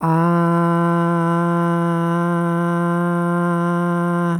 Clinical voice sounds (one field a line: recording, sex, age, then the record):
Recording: sustained vowel /a/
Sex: female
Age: 50 to 59 years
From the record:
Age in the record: 55 years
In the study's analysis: included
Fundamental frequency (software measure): 170 Hz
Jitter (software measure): 0.31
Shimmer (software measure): 0.79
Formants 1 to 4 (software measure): 1002 Hz, 1474 Hz, 2953 Hz, 3799 Hz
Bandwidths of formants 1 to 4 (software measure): 182 Hz, 171 Hz, 281 Hz, 398 Hz